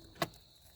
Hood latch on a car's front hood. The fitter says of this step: and if you heard that click basically you just open up the front of your car